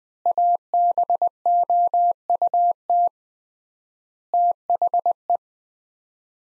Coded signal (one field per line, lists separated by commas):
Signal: Morse code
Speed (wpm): 21 wpm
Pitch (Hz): 700 Hz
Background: none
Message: ABOUT THE